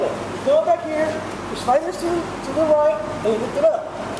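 On a forklift during a pre-operation inspection, someone talks while sliding the battery compartment cover latch to the right and lifting the cover. Two sharp, fast-dying hits sound in this stretch. Nothing has seated or clicked yet.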